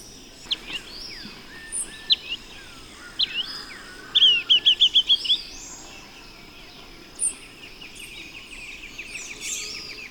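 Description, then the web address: Red-billed tyrannulet calling with scattered high chips, then a quick run of several sharp notes, while other birds call thinly above over a steady high drone. Recorded in Ecuador. "Birds of Ecuador 3-06 Red-Billed Tyrannulet"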